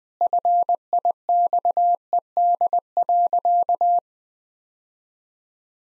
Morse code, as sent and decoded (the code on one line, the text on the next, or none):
..-. .. -..- . -.. .-.-.-
FIXED.